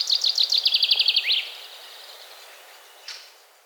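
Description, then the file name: Common chaffinch song phrase, a quick series of high repeated notes closing with a sharp descending note. "Fringilla coelebs"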